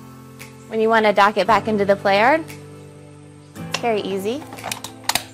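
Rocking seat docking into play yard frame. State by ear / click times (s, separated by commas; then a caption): seated / 5.1 s. A removable rocking seat is lowered and docked back into the frame of a Graco pack n play play yard from 2019 while someone talks. It seats with clicks at 5.1 s and 5.2 s, confirming it is safely in place.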